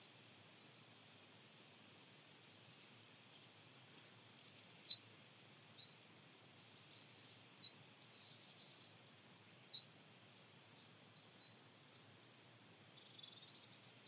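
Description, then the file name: Marsh tit calls: short, high chirped notes repeated irregularly every second or so, over a steady, pulsing insect chirp and faint background hiss. "Poecile palustris"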